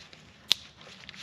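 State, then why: Seated. A wiring harness connector on a 2005–08 Audi A4 B7 2.0 Turbo FSI is pushed onto its mating plug while the front end is reassembled after a timing belt install. A sharp click at 0.5 s stands out against a quiet background, and the connector is seated.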